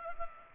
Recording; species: mosquito wingbeat signal from an infrared sensor; Culex pipiens